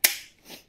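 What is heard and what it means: An aluminum handle pole is pushed onto the body of a VMAI cordless electric mop until its small metal spring pins pop into their holes. A single sharp snap at 0.1 s marks the pole seating, followed by a fainter, softer sound around 0.5 s. The pole section is confirmed locked in place.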